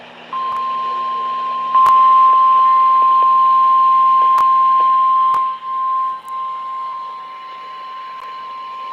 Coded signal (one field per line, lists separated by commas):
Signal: Emergency Alert System (SAME) tones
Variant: 1050 Hz attention tone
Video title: EAS Flood Warning #4 (From LWX) 7/14/25 (Credit Goes To @SouthernPennsylvaniaWX)